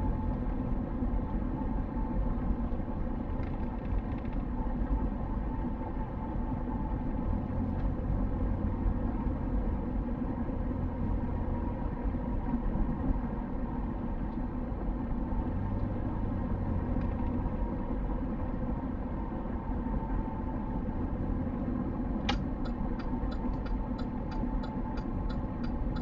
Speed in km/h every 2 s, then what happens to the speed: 50, 50, 50, 51, 53, 53, 51, 52, 52, 50, 51, 50, 48.
0-26 steady at about 51.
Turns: none.